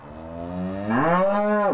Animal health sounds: contact call of a hoofed animal; cattle; low-frequency (closed-mouth) or high-frequency (open-mouth) call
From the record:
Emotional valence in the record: negative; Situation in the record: separation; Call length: 1.74 s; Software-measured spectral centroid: 990 Hz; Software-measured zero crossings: 1210 a second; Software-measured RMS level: -23 dBFS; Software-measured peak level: -7 dBFS

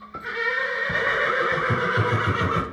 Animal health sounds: contact call of a hoofed animal; horse; whinny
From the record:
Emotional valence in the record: negative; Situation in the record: group separation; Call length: 2.8 s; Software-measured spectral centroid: 1660 Hz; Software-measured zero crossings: 2650 a second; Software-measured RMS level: -24 dBFS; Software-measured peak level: -10 dBFS

